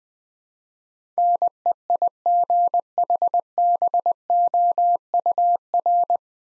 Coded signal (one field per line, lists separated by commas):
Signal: Morse code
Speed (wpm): 20 wpm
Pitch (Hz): 700 Hz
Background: none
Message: NEIGHBOUR